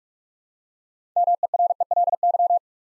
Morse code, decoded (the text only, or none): MERELY